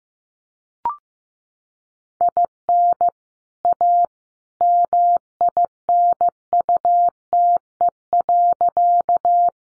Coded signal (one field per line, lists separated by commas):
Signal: Morse code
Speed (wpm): 15 wpm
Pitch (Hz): 700 Hz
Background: none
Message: IN A MINUTE.